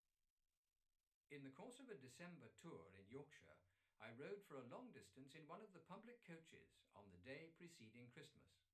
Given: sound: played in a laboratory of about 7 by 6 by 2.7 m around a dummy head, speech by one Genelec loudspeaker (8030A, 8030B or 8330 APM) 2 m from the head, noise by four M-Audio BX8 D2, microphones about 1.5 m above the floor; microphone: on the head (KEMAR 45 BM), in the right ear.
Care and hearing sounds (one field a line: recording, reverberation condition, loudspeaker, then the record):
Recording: male speech in English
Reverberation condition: low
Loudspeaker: 150 degrees to the right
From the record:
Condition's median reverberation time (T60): about 310 ms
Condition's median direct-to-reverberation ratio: about 3.5 dB